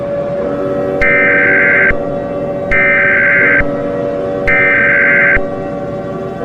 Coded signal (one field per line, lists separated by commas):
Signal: Emergency Alert System (SAME) tones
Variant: header bursts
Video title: EAS Scenario - 2030 [C9/10+] | ! TW: LOUD NOISES AND TRIGGERING DIALOUGE ! |